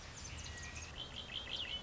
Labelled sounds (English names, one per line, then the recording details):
Red-winged Blackbird
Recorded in Sonoma County, California